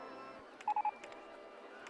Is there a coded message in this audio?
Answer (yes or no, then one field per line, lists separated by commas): no